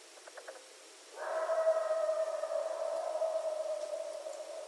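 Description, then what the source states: Coyote howl: a few faint short yips, then a long steady howl held for over three seconds, wavering slightly. Recorded 14 January 2012.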